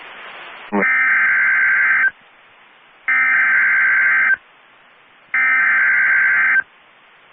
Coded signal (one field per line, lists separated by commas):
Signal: Emergency Alert System (SAME) tones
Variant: header bursts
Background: speech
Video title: EAS 1804-1808 (5/10/22)